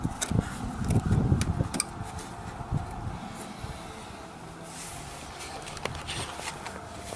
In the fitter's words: Remettre la fiche, on entend un clic.